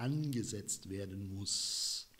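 A camera lens is handled at the camera's bayonet mount, set at the alignment mark to be turned clockwise until it locks, while someone talks. A brief hiss follows from about 1.5 to 2.0 seconds. Nothing has seated or clicked yet; the clip ends before the lens locks.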